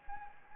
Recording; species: mosquito wingbeat signal from an infrared sensor; Anopheles gambiae